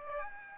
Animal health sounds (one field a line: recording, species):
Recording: mosquito wingbeat signal from an infrared sensor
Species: Aedes aegypti